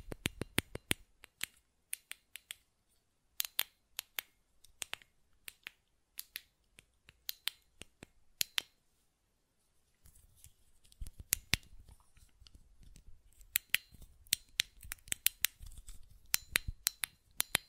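Sharp button clicks and taps come in irregular bursts, some single, some in quick pairs or clusters, with brief silences between. Around the ten-second mark a low, soft rustling bed starts and continues under denser, faster clicking through the end.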